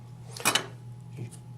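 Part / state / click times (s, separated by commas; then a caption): antenna plug out of the radio module's connector / released / 0.6 s. An antenna snap connector is twisted and pulled off the old radio module during an OmniMetrix 2G to 4G radio upgrade for rectifier monitors, with the antenna plug held in the fingers. Over a low steady hum, a short burst of sharp clicks comes around 0.5 s, and the connector snaps out at 0.6 s. A softer brief rustle follows near 1.2 s.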